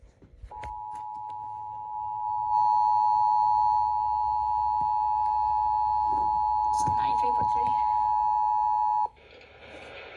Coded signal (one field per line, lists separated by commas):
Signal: Emergency Alert System (SAME) tones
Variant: 853 and 960 Hz attention tone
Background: speech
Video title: (Found Safe) Amber Alert EAS 32